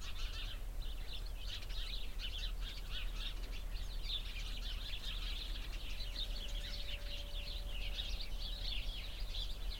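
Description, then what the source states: Sparrows keep up a busy, overlapping chirping chorus for the whole stretch, with a faint steady tone and wind noise underneath. Flock of sparrows in a bush near a cow pasture, Hupperdange, windy summer morning.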